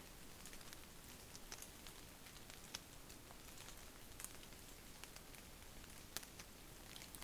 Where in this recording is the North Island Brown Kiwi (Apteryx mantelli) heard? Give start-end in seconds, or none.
none